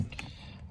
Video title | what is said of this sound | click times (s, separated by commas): How to install a duel fuel pump on a HELLCAT 300 | it did snap it probably looks like it's not seated but it did snap in um | 0.1 s, 0.2 s